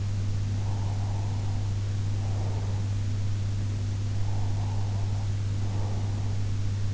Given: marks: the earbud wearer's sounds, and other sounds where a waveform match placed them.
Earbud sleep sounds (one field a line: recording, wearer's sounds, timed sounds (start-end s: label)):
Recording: sounds in sleep by an in-ear microphone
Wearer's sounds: breath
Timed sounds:
0.43-2.98 s: breath
4.29-6.69 s: breath